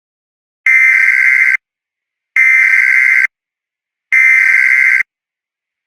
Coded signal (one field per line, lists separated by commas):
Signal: Emergency Alert System (SAME) tones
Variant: header bursts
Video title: EAS Scenario 9 - Alien Invasion!